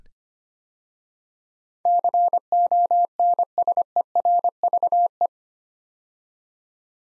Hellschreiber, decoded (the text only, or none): none